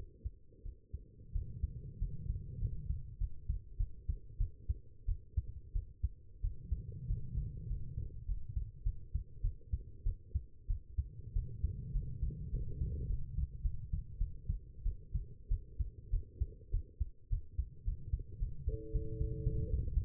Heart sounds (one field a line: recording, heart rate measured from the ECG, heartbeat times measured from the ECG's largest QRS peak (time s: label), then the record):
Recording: heart sounds by stethoscope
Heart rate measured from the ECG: 99 bpm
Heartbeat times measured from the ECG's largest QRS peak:
0.63 s: heartbeat
1.33 s: heartbeat
1.99 s: heartbeat
2.60 s: heartbeat
3.18 s: heartbeat
3.77 s: heartbeat
4.38 s: heartbeat
5.06 s: heartbeat
5.73 s: heartbeat
6.41 s: heartbeat
7.07 s: heartbeat
7.68 s: heartbeat
8.26 s: heartbeat
8.84 s: heartbeat
9.42 s: heartbeat
10.04 s: heartbeat
10.67 s: heartbeat
11.33 s: heartbeat
11.93 s: heartbeat
12.51 s: heartbeat
13.07 s: heartbeat
13.62 s: heartbeat
14.18 s: heartbeat
14.83 s: heartbeat
15.49 s: heartbeat
16.10 s: heartbeat
16.71 s: heartbeat
17.30 s: heartbeat
17.85 s: heartbeat
18.39 s: heartbeat
18.92 s: heartbeat
19.44 s: heartbeat
19.94 s: heartbeat
From the record:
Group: healthy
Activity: rest 0-17 s, breath hold 17-20 s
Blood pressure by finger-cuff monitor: 113/80 mmHg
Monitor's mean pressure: 92 mmHg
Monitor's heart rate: 99 bpm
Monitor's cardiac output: 7.7 L/min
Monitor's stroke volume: 79 mL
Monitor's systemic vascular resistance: 880 dyn s/cm5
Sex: female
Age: 19 years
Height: 163 cm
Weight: 51 kg